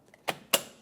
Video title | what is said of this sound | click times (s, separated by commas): How to Replace Interior Door Handles 2009-2014 Ford F-150 | and it should snap right into place now we can put the door panel back now bring your door panel in | 0.5 s